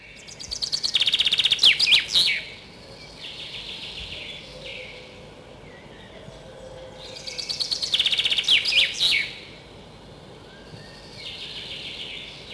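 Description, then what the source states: Common chaffinch song: two bright phrases several seconds apart, each a quick cascade of notes ending in a flourish, over steady background hiss. Singing in spring.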